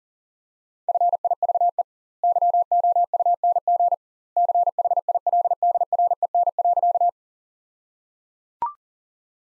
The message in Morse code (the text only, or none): FIVE YOUNG CHILDREN.